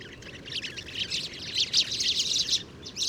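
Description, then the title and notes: Sudan golden sparrows in a flock, a thick overlapping wash of high chirps. Passer luteus; Oued Enoicre, Tagant, Mauritania, oasis roost site, morning, 7 March 2019; always in family flocks that gather at an evening roost; very common in oases; Tlp7, Mixpre 3. "Moineau doré ou Moineau jaune - Mauritanie. 7 mars 2019-Oued Enoicre - Tagant - Mauritanie"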